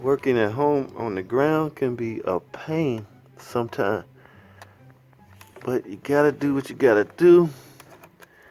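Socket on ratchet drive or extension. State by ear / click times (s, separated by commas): not seated / none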